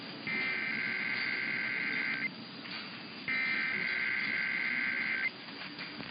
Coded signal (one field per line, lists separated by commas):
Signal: Emergency Alert System (SAME) tones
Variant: header bursts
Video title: [EAS #1987-1989] KDKA, WHAS & WGY Weekly Tests